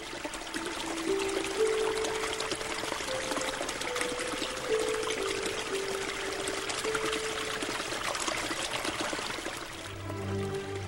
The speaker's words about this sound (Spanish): Llegó junto a un arroyo, y no soñaba.